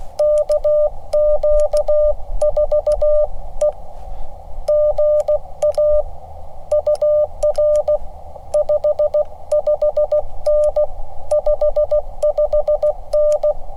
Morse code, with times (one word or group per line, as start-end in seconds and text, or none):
0.2-3.7 KQ4E
4.7-6.0 GA
6.7-8.0 UR
8.5-10.8 55N
11.3-13.5 55N